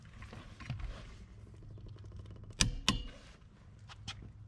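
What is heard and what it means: A click-type torque wrench is pulled on a lug nut of a Flagstaff E-Pro E20BHS camper wheel until it breaks over at the set torque. Over a low background rumble with a few faint knocks, it gives a sharp double click at 2.6 s and 2.9 s. The nut may not turn because it is already at the correct torque.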